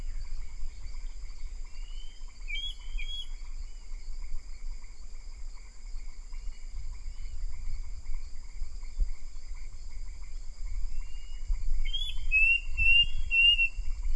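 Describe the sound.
Bird chirping in two short bursts of quick, slurred high whistles, one early and one near the end, with low rumble and a constant high hum.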